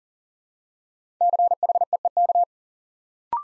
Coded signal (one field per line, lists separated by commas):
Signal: Morse code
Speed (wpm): 40 wpm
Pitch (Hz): 700 Hz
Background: none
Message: CHEEK